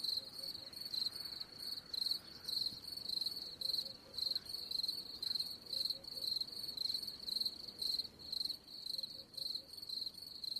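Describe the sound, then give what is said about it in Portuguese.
A shrill, high-pitched cicada buzz, played as a sound effect known as Josh's cicada, drones steadily for the whole stretch, swelling and dipping in quick rhythmic pulses, with no voices over it. “Então põe a cigarra de Josh.”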